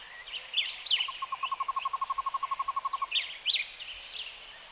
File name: Cuban trogon